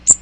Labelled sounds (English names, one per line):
Magnolia Warbler flight call